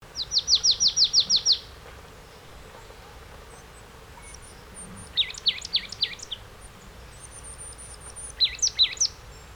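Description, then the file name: Marsh tit calls: a rapid, even burst of about ten thin high notes, then two clusters of sharp, hooked, dropping-and-rising notes after a short pause. "Poecile palustris"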